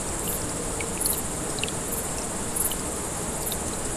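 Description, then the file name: Grasshopper: short stretch of shrill grasshopper stridulation with two brief louder bursts, layered over the steady rush of a running stream. Several grasshoppers calling beside a small brook, 6 August 2014, recorded on an MZ-N710 recorder. "Ruisselet et sauterelles 6 08 14"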